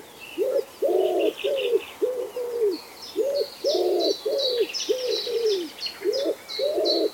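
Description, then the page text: Common wood pigeon cooing, a continuous run of soft, hollow notes, some longer and some clipped, while small birds chirp faintly high above. "Common Wood Pigeon Call #cooing. knut the bird nerd"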